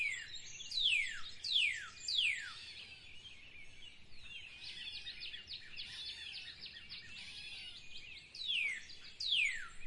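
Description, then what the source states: Bird calls: clear descending whistled notes in short series at the start and end, with steady high twittering between them. In spring.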